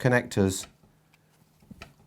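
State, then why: Seated. Someone talks briefly, and after a quiet stretch with a faint tick near 1.1 s, the edge clips of a plastic modem box snap into the receptacle of its lid with a sharp click at 1.8 s. The lid is firmly on and clipped in place.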